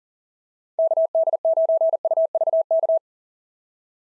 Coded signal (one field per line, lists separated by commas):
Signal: Morse code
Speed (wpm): 46 wpm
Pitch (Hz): 650 Hz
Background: none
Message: KD9UVK